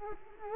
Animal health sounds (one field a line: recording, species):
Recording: mosquito wingbeat signal from an infrared sensor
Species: Culex quinquefasciatus